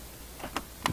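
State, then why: Released. Prying up the plastic keyboard bezel on a Dell Latitude D531 laptop releases its retaining clips from the base casing. Two sharp snaps are heard at 0.6 s and 0.9 s, with a fainter tick just before the first, as the clips pop loose.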